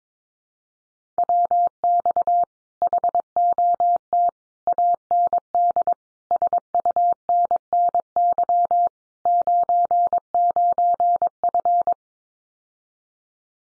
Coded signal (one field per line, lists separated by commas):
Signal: Morse code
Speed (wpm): 22 wpm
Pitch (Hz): 700 Hz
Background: none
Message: WX HOT AND SUNNY 99F